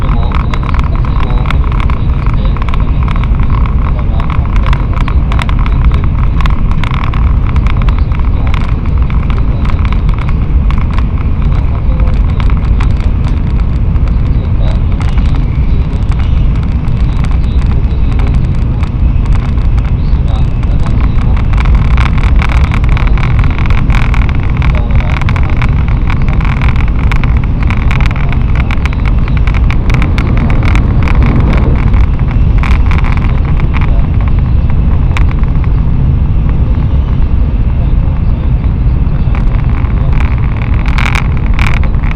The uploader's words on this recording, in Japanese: 東海道新幹線こだま浜松→静岡。朝一番の浜松始発の新幹線です。